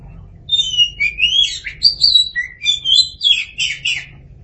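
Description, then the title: Oriental magpie-robin singing a run of fluty whistles and slurred notes that swoop up and down, over a faint low hum. "Suara Kicauan Burung Kacer"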